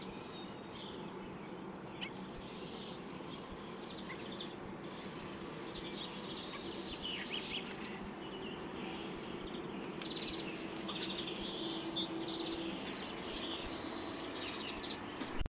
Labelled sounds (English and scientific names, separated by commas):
Carrion Crow (Corvus corone) call